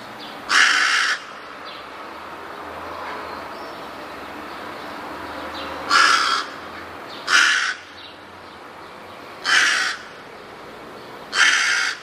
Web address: wroblowe ptaki gawron